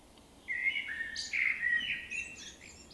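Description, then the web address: Common blackbird: one smooth, fluty warbled phrase that rises into a thin, high, squeaky flourish. "SETE data Turdus merula"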